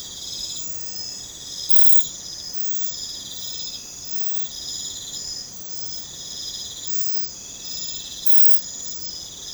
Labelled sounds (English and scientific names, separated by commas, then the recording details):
none
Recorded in secondary vegetation near Puerto Asís, Putumayo, Colombia, on 21 December 2024 at 02:00
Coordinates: 0.499, -76.323
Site G010